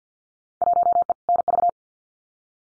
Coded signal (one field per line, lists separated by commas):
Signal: Morse code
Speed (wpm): 50 wpm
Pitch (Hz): 700 Hz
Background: none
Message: 1E NV